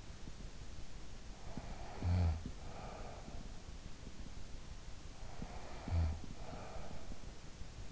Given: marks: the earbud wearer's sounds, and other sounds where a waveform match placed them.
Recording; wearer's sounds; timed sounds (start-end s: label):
sounds in sleep by an in-ear microphone; snoring breath
1.24-4.10 s: snoring breath
4.90-7.92 s: snoring breath